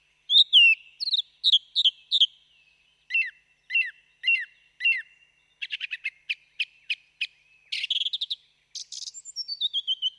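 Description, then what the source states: Song thrush song built from short phrases, each repeated several times: slurred whistles, clipped double notes, then a fast rattle and falling whistles. Recorded excerpt played on the radio.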